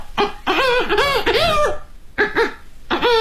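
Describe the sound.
A Chinese kouji (vocal mimicry) performer uses circular breathing to imitate an old hen and a rooster clucking and crowing together, producing bursts of warbling, pitch-bending calls that overlap, with a short pause before two more clucking bursts.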